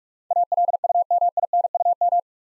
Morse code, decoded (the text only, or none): ALUMINUM